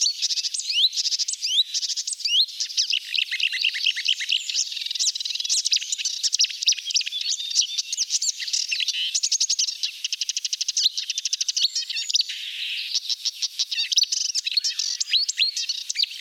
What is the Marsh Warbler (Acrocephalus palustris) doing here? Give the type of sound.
song